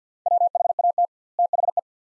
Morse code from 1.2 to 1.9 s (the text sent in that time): THE